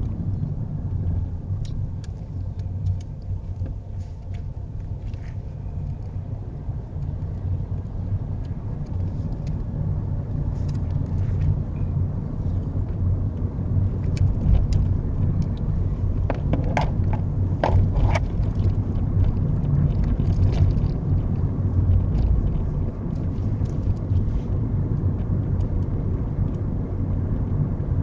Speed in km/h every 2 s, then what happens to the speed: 13, 10, 13, 19, 23, 29, 32, 32, 32, 34, 35, 35, 37, 39.
1-11 speeds up to 32. 11-28 steady at about 34.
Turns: none.